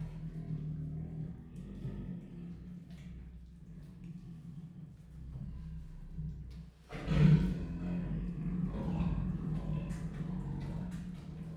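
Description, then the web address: Siberian tiger giving a loud, deep roar about seven seconds in, over a steady low rumble. Siberian tigers recorded in 2018 at a zoo in Miskolc, Hungary; one of them calls more vehemently. "allathangok miskolcizoo 2018 sziberiai tigris egyikojukvehemensebb"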